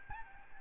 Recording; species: mosquito wingbeat signal from an infrared sensor; Aedes albopictus